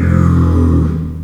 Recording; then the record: squeal of a Yucatan mini pig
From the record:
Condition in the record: after surgery on the right vocal fold (resection and tissue-engineered implant); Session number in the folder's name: 12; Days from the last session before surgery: 105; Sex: female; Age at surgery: 19 weeks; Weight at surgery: 25 kg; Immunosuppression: prednisolone